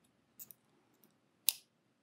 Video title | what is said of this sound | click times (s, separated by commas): Online Preservation Series: Ep.2 - Using Tools | and you hear a click and it's settled it's not going to move anymore. | 1.5 s